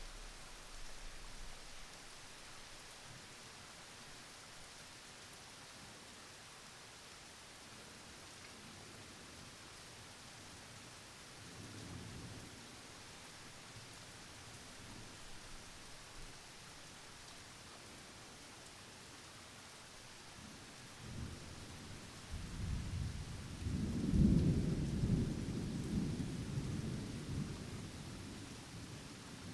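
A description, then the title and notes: Gentle, steady rain hisses evenly throughout a mild rainstorm. Thunder rumbles low and soft around twelve seconds, then builds into a heavier, longer roll from about twenty-one seconds that peaks near twenty-four and slowly fades by the end. A mild rainstorm. Recorded on a zoom h1n.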